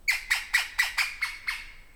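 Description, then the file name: P. pallescens giving a rapid series of seven harsh, squawking notes about a quarter second apart, each fading gradually. Recorded 15 September 2018 at 09:00. "LSP 4 Ppallescens 20180915 090000"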